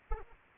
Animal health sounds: mosquito wingbeat signal from an infrared sensor; Anopheles arabiensis

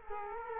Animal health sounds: mosquito wingbeat signal from an infrared sensor; Culex quinquefasciatus

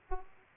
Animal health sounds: mosquito wingbeat signal from an infrared sensor; Aedes aegypti

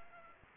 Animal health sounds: mosquito wingbeat signal from an infrared sensor; Aedes aegypti

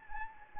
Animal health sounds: mosquito wingbeat signal from an infrared sensor; Anopheles gambiae

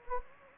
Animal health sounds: mosquito wingbeat signal from an infrared sensor; Anopheles gambiae

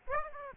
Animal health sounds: mosquito wingbeat signal from an infrared sensor; Aedes aegypti

